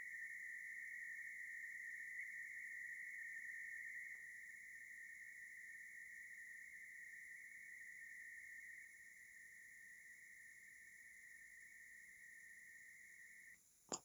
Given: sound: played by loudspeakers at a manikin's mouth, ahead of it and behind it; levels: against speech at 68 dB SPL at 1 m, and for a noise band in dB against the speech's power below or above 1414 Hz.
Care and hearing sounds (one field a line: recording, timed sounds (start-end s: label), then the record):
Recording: test signals for a remote microphone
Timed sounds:
0.00-4.15 s: noise band at 2000 Hz, 0 dB
4.15-8.85 s: noise band at 2000 Hz, -5 dB
8.85-13.54 s: noise band at 2000 Hz, -10 dB
13.92 s: click
From the record:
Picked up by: remote microphone A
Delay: 47 ms